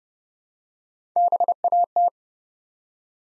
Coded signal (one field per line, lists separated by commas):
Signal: Morse code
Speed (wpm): 29 wpm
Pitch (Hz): 700 Hz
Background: none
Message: BAT